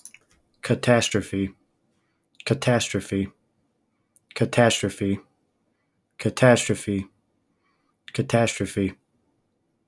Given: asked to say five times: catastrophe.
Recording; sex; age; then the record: repeated word; male; 20 to 29 years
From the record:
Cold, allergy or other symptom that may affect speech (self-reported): no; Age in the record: 26 years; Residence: Michigan, United States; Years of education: 12